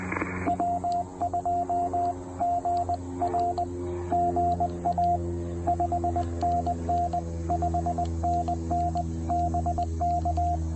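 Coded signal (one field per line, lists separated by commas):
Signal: Morse code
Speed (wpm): 20 wpm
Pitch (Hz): 690 Hz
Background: radio noise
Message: W2GR GA 5NN 5NN BK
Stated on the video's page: Trailside Parks on the Air activation using a TR-45L transceiver and PackTenna random wire antenna.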